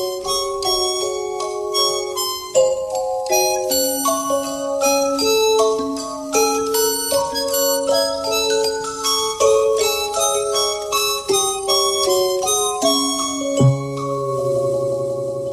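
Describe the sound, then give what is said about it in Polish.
A Polish Radio Trójka (Program Trzeci) station jingle plays: a bright, busy melody of chiming, bell-like tones that runs steadily for about fifteen seconds with no talking, then settles onto lower sustained notes at the end. “No jestem zaskoczona, nie słyszałam tego sygnału jeszcze, a miał być tak zwany stary.”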